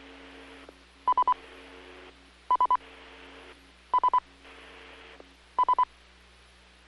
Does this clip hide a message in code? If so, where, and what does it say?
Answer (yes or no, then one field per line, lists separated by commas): no